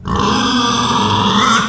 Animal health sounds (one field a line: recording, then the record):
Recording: squeal of a Yucatan mini pig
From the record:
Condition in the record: after surgery on the right vocal fold (resection and tissue-engineered implant)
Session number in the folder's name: 15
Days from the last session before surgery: 175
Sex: female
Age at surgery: 19 weeks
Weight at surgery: 25 kg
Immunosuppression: prednisolone